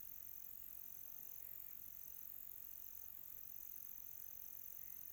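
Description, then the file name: Cricket chirping, a thin high steady trill broken by brief gaps, over a faint hiss in a quiet night setting. Quiet tropical night. "quiet tropical night with cricket"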